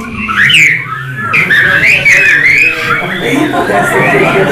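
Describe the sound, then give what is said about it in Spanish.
A person whistles a wavering, sliding tone that rises and dips continuously for several seconds, fairly loud, over a low murmur of background voices. “¿Cuántas formas de silbar saben?”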